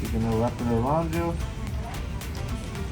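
Someone talks over music while wrapping the strap of a Carnival Horizon cruise-ship life jacket around her body, bringing its plastic side buckle toward its receiving clip. Nothing has seated or clicked yet by the end of the clip.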